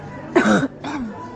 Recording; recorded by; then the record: voluntary cough; messaging app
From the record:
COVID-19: negative